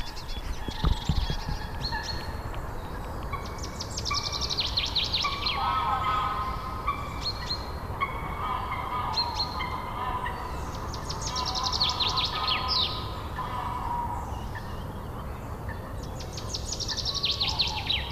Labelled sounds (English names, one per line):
Common Chaffinch